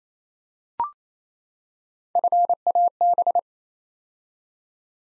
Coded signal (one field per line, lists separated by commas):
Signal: Morse code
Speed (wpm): 28 wpm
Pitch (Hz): 700 Hz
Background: none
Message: FAB